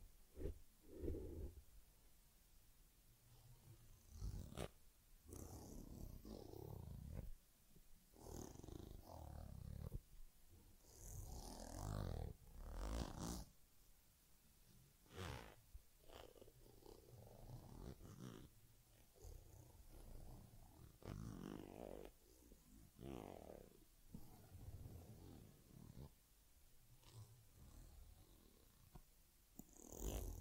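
A teddy bear gets a head massage, facial cleansing, fur combing and ear cleaning, heard as a steady run of soft rubbing, brushing and scratching strokes. Sharper, brighter scrapes and taps break through every few seconds, with a low rumbling undertone throughout.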